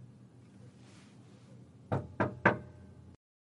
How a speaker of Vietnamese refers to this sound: Tiếng gõ cửa dội vào gấp gáp từ phía bên ngoài.